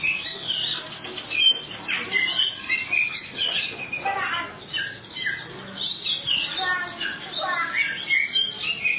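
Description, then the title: Oriental magpie-robin song, rapid varied phrases of whistles and harsh chirps delivered in steady bursts with barely any silence between them. "Kacer"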